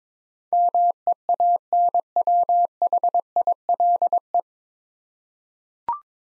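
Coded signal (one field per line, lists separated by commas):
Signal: Morse code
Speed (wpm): 22 wpm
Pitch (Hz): 700 Hz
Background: none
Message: MEANWHILE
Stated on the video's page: Head-copy Morse drill of nine-letter words at 22 wpm, each word sent, spoken, then sent again.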